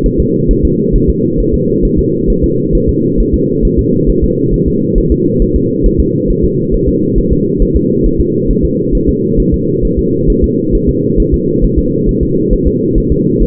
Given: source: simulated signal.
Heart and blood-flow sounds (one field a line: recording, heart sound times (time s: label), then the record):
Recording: fetal heart sounds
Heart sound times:
0.06 s: S1
0.20 s: S2
0.51 s: S1
0.65 s: S2
0.95 s: S1
1.10 s: S2
1.40 s: S1
1.54 s: S2
1.85 s: S1
1.99 s: S2
2.30 s: S1
2.44 s: S2
2.75 s: S1
2.89 s: S2
3.20 s: S1
3.34 s: S2
3.65 s: S1
3.79 s: S2
4.10 s: S1
4.24 s: S2
4.54 s: S1
4.68 s: S2
4.98 s: S1
5.12 s: S2
5.42 s: S1
5.56 s: S2
5.86 s: S1
6.00 s: S2
6.30 s: S1
6.44 s: S2
6.74 s: S1
6.88 s: S2
7.18 s: S1
7.32 s: S2
7.62 s: S1
7.76 s: S2
8.06 s: S1
8.20 s: S2
8.50 s: S1
8.65 s: S2
8.95 s: S1
9.09 s: S2
9.40 s: S1
9.54 s: S2
9.85 s: S1
9.99 s: S2
10.30 s: S1
10.44 s: S2
10.75 s: S1
10.89 s: S2
11.20 s: S1
11.34 s: S2
11.64 s: S1
11.79 s: S2
12.09 s: S1
12.23 s: S2
12.53 s: S1
12.67 s: S2
12.98 s: S1
13.12 s: S2
13.42 s: S1
From the record:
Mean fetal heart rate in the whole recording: 135 bpm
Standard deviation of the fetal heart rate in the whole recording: 3 bpm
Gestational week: 36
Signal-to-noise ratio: -11.2 dB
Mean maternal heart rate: 72 bpm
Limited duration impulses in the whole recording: present